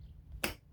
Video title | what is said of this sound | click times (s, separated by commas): How to Remove Stihl Trimmer Head FS 56 RC | You hear it pop in. See that? Watch. | 0.4 s